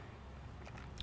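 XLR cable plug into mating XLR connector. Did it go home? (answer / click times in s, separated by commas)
no / none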